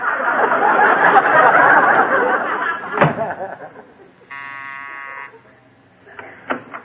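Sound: doorbell ringing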